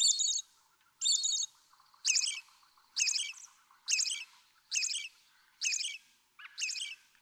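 American robin song: short, complex warbled phrases about once a second.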